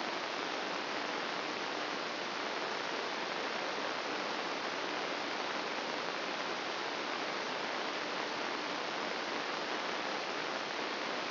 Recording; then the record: brain microelectrode recording played as sound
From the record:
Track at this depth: outside the subthalamic nucleus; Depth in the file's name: 2.773 mm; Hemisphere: left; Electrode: 3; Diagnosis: Parkinson's disease